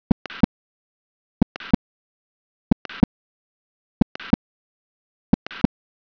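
Slow, steady heart sounds at about 46 beats a minute in an adult. Each beat has a first sound, then a sharp click in mid-systole followed by a short rasping murmur that runs up to a loud second sound, a click-murmur pattern in systole.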